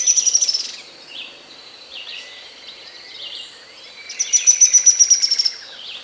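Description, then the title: Grey-headed spinetail giving a fast series of high, sharp notes, then after a pause another fast run of piercing notes near the end, over soft background chirping. "LuckyPassaro Completos2Sama. Grey-headed Spinetail (Cranioleuca semicinerea)"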